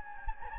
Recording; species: mosquito wingbeat signal from an infrared sensor; Anopheles gambiae